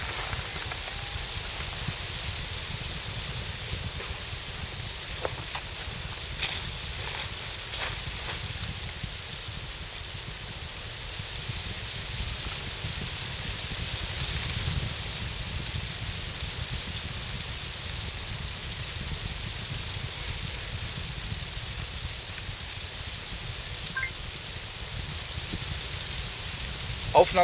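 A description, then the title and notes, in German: Fluttering leaves at the Brombachsee make a steady, dense rustle that hardly changes over the whole stretch, with a low rumble of wind underneath. A few brief brighter crackles stand out around five to eight seconds and again near the end. Flatternde Blätter am Brombachsee.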